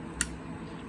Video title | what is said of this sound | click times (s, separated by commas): Primeira decolagem Drone KK8 com Dicas | Fez um clique, encaixou. | 0.2 s